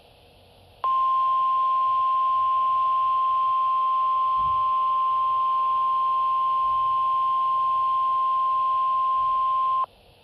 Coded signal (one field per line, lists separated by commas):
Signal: Emergency Alert System (SAME) tones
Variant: 1050 Hz attention tone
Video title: EAS Compilation - 2025 Blizzard Warnings (and Bonus Required Weekly Test)